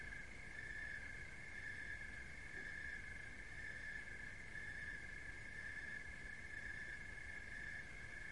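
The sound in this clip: Cricket trilling in a steady, unbroken buzz that holds one pitch throughout, over a constant low hiss and rumble of background noise.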